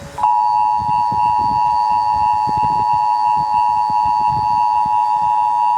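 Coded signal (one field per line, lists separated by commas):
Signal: Emergency Alert System (SAME) tones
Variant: 853 and 960 Hz attention tone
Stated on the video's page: Animated recreation of an EAS alarm, not a real broadcast.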